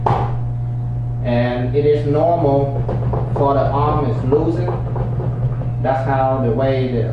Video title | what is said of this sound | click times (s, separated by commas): Dishwasher Basic Operations :D | put it back in, simply just push it down until you hear it clip. | 0.1 s